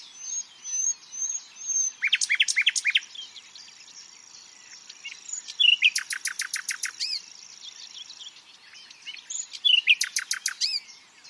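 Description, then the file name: Common nightingale song in three phrases: soft whistles leading into rapid repeated chips, a long dense trill of evenly spaced notes, then another fast rattling series. "Luscinia megarhynchos"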